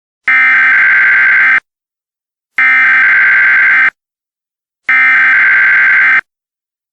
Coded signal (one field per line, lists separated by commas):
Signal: Emergency Alert System (SAME) tones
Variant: header bursts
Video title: EAS Scenario: Operations